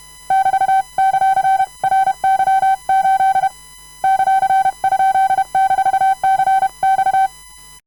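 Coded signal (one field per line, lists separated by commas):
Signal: Morse code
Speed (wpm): 31 wpm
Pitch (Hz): 770 Hz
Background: none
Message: <BT>;RY8 ;?-CX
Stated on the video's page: Random Morse of all characters, numbers and punctuation sent by hand using both right and left hand at a comfortable speed.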